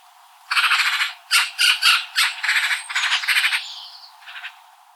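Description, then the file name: Eurasian magpie call: a harsh, rattling chatter of dry bursts in quick, irregular succession over about four seconds. "Pica pica"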